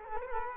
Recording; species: mosquito wingbeat signal from an infrared sensor; Culex quinquefasciatus